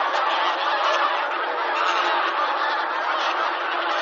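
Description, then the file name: Bean goose: many bean geese calling at once, steady overlapping honks and cackles with no pause. "hisikui"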